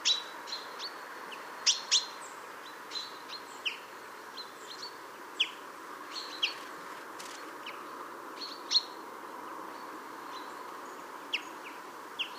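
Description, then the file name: Common chaffinch calls: scattered bright chirps and brief high notes spread irregularly throughout, some louder and sharper, over a constant soft hiss. "Fringilla coelebs"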